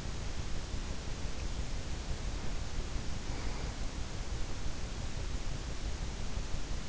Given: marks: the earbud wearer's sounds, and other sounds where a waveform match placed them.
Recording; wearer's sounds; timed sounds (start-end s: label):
sounds in sleep by an in-ear microphone; breath
2.22-3.98 s: breath